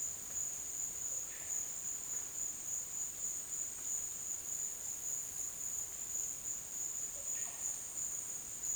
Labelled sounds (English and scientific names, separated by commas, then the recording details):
none
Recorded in dense forest near Puerto Asís, Putumayo, Colombia, on 25 June 2025 at 12:30
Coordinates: 0.484, -76.325
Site H65